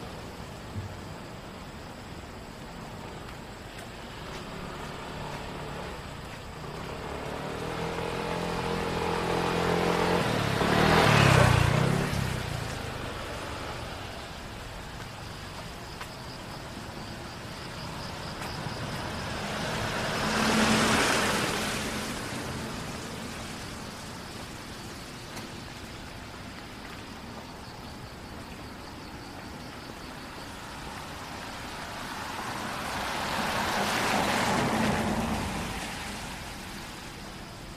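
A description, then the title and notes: A rainy night walk downtown, with a steady wet hiss underneath and a low rumble of traffic. Cars swish past on wet pavement three times, swelling and fading around 11, 21 and 35 seconds, the first one the loudest. Going For A Walk Downtown on A Rainy Night.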